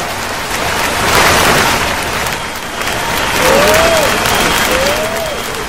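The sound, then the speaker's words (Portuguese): An audience breaks into sustained applause for a professor who has just finished presenting his thesis, a dense crackling wash of clapping that swells and dips over several seconds, with a couple of faint rising whoops or whistles cutting through near the end. “Tá certo, palmas para o professor”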